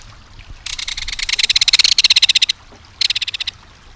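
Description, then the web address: Belted kingfisher rattle: a harsh, metallic rapid-fire series lasting nearly two seconds, followed by a short second burst. Reverberating metallic, rapid-fire call, used to warn intruders while dashing through the air; along a stream or waterway. "Birdnote. Belted Kingfisher"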